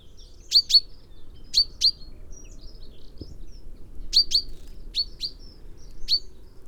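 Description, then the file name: Common chaffinch giving clipped, high chirps in pairs and singles, scattered throughout, with a soft background rumble. "Fringilla coelebs"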